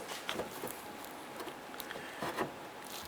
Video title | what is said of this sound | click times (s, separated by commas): How to Replace Headlight Assemblies 2007-2012 Nissan Versa | lamp pops right into place let's go ahead and install the four screws | 0.3 s